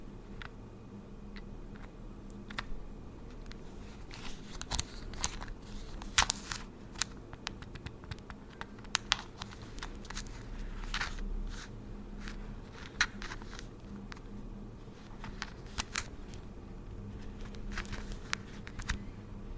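Tingly layered sounds made while pampering skin and hair: frequent short crisp taps and crackles, irregular, clustering around the middle and again near 16 seconds. Beneath them runs a constant low hum with soft rustling texture throughout.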